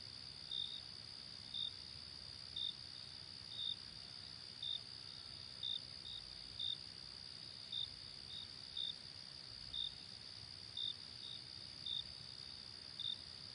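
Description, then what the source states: Cricket chirps, brief high pulses roughly once a second over a continuous shrill insect hum in the background. Night-time ambience.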